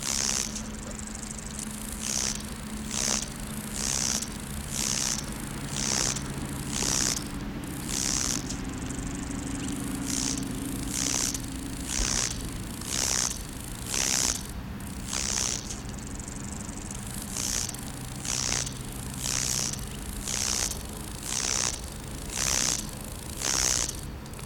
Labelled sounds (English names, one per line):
Lesser Marsh Grasshopper stridulation